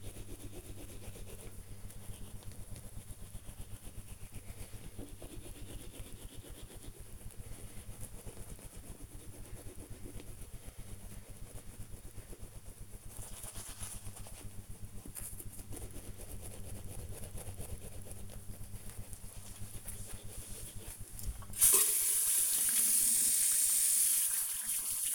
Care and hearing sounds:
household activities, microphone on the right wrist
0.00-25.14 s: brushing teeth

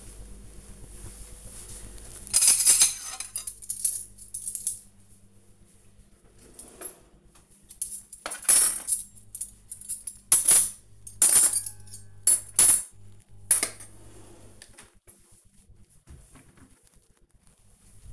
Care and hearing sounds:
household activities, microphone on the right wrist
1.37-18.13 s: putting away the dishes

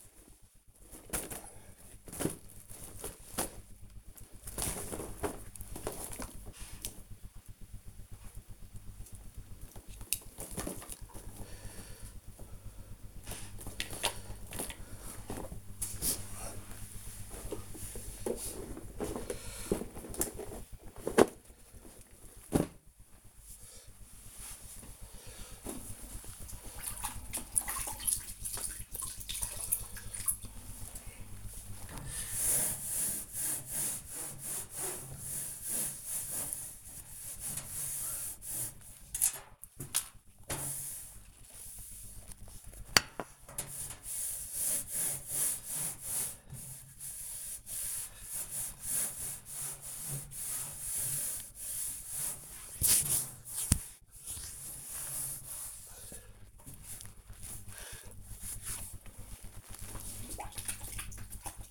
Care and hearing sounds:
household activities, microphone on the right wrist
0.00-26.63 s: cleaning the cupboard
31.66-61.71 s: cleaning the cupboard

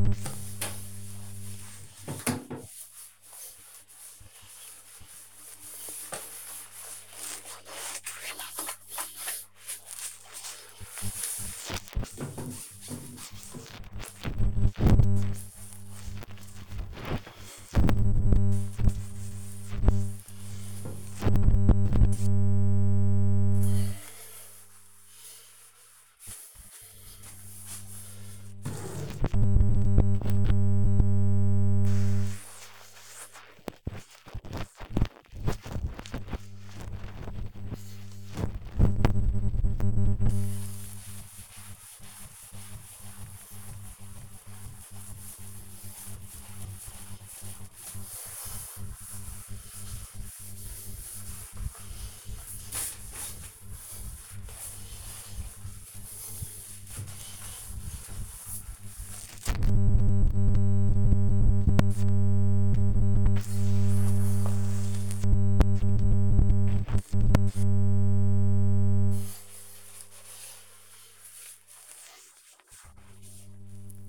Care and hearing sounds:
household activities, microphone on the right wrist
0.00-50.82 s: cleaning bathroom
61.86-74.09 s: cleaning bathroom

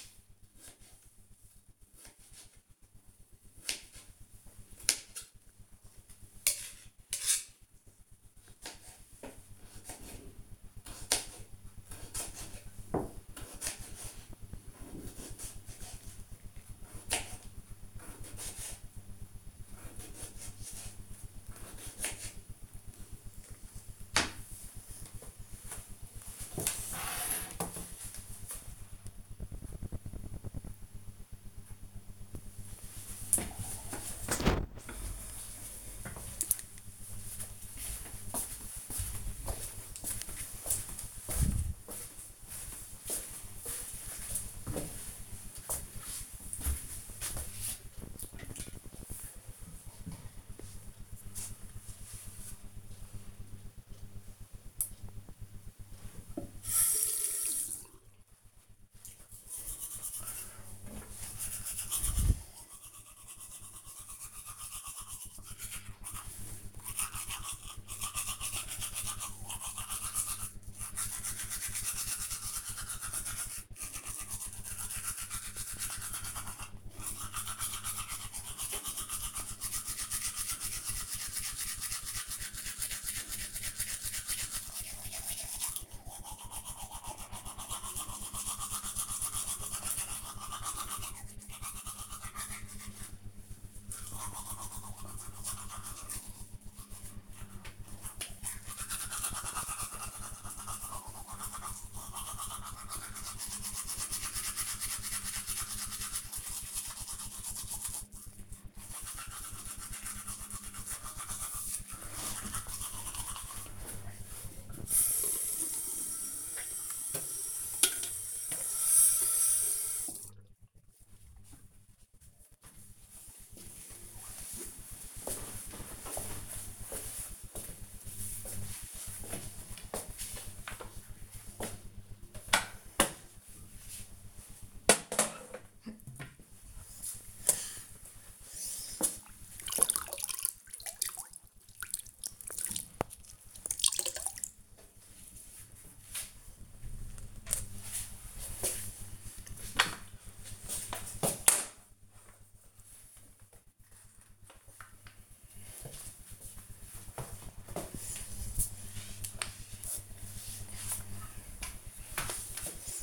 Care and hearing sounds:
household activities, microphone on the right wrist
0.00-37.03 s: cutting vegetables
55.15-119.54 s: brushing teeth
131.64-163.03 s: floor cleaning

